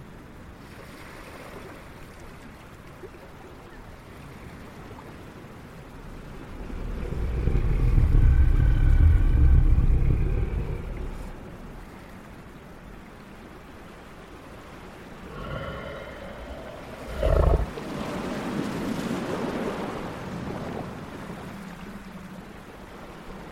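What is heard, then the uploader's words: Soft ocean waves rumble low, one swell building around 7 to 11 seconds, with a sharp splash near 17 seconds and a steady hiss. Dragon's island ASMR ambience.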